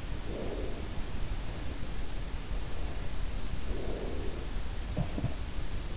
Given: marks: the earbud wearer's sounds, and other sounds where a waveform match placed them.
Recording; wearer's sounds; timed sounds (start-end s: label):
sounds in sleep by an in-ear microphone; breath
0.00-1.68 s: breath
3.57-4.80 s: breath
4.80-5.52 s: sound from someone else or the room